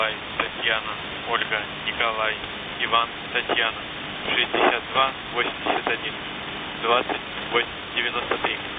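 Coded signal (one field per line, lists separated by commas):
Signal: coded military voice message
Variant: The Pip, Russian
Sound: russian voice reading numbers and phonetic-alphabet names like Ivan, Tatyana, Olga over hiss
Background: radio static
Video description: "The Pip" is a Russian military radiostation that broadcasts on 5448 kHz at daytime and 3756 kHz at nighttime.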